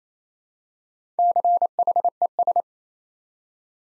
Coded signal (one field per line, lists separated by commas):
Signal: Morse code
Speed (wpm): 27 wpm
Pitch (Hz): 700 Hz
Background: none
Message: CHES